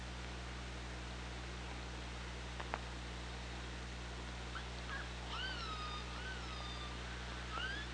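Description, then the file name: Killer whale calls: several upswept and wavering tonal calls with harmonics in the second half, over a steady low hum with a few sharp clicks. OrcaLab hydrophone, 24 August 2017, 15:51. "Orca Lab UTLN JASON 20170824 155132"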